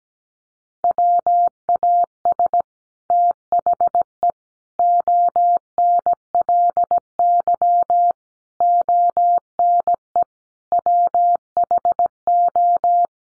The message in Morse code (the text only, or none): WAS THE ONLY ONE WHO